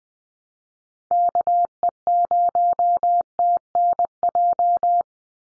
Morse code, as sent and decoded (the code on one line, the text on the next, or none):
-.- . ----- - -. .---
KE0TNJ